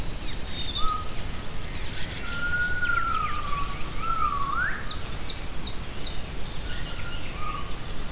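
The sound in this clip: Gibbon call, a long wavering whistled note that ends in a quick rising swoop, then softer short notes, with faint bird chirps above a constant background hiss.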